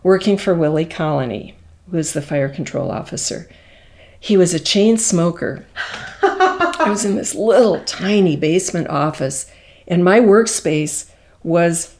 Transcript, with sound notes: Working for Willie Colony, who was the fire control officer. He was a chain-smoker. [laughs] I was in this little tiny basement office and my workspace was...